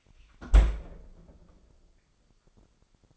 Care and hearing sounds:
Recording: daily activity, microphone in the room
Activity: close fridge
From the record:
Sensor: 5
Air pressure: 995.3 hPa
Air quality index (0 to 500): 83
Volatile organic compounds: 4 ppm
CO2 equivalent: 1537 ppm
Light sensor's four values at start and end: 38/90/37/37 and 35/85/34/35

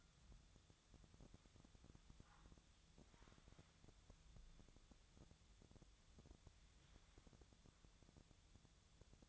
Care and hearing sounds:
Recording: daily activity, microphone in the room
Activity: wipe stove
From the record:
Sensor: 3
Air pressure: 1004.8 hPa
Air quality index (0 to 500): 78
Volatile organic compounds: 2 ppm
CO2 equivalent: 1182 ppm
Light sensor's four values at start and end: 8/19/7/7 and 8/19/7/7

